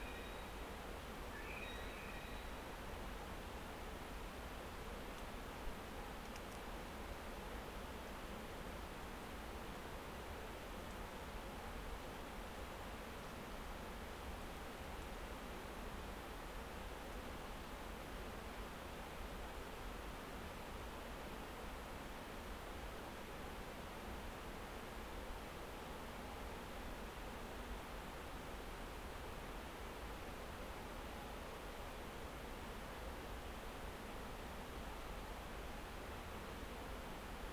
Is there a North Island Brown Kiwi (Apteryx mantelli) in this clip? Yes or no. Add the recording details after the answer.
yes. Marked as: faintness 3/5. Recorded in New Zealand on 9 December 2013. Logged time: 23:28. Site DE65